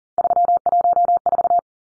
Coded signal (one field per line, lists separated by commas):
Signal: Morse code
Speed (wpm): 40 wpm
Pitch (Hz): 700 Hz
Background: none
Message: 314